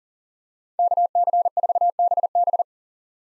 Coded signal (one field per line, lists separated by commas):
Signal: Morse code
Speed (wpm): 40 wpm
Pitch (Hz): 700 Hz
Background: none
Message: KC4BB